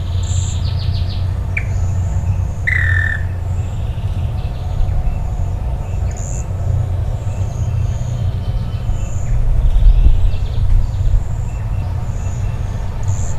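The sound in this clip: Bird calls: brief rasping notes and a louder slurred call early on, with frequent high thin tsee notes throughout against a constant low hum.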